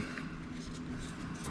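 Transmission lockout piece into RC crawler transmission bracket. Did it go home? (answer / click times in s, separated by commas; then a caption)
no / none. A plastic transmission lockout piece on an SCX10 PRO RC crawler is handled and pressed toward its transmission bracket, with a brief small tick at about 0.2 s over a steady low hum. Nothing has seated or clicked into place yet.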